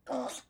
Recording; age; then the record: pig call; piglet (1 to 25 days)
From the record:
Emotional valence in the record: negative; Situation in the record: restrain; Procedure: back test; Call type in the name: low-frequency call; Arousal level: low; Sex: female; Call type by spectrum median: low-frequency call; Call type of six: low-frequency stable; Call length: 0.50 s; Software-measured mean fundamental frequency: 59 Hz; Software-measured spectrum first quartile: 525 Hz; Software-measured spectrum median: 891 Hz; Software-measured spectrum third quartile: 3692 Hz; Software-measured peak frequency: 628 Hz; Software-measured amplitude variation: 195 dB a second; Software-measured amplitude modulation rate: 15.0 a second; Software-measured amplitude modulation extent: 13.0 dB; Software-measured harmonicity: 1.4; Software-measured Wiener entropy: -2.31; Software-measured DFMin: 513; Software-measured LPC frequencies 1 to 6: 609, 3651, 4715, 6306, 6803, 7814 Hz